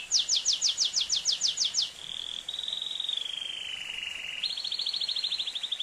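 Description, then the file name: Atlantic canary song: a fast series of sweeping high notes, then a long steady whistled trill that slides lower before jumping up into a quick rapid repeated trill. "canto do canario do reino"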